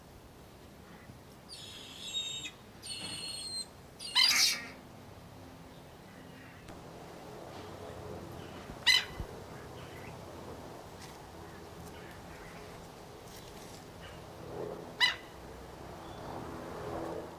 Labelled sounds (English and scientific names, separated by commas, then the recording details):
Black-necked Stilt (Himantopus mexicanus) call
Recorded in captivity
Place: Zoo Berlin, Berlin, DE
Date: 1997-10-25 10:06
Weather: cloudy, 3°C
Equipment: Nagra SN, Kopie Uher 4000 Report Monitor
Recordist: Tembrock, Günter